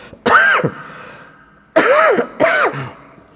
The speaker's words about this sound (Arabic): والله مش عارف، أنا عندي كحة.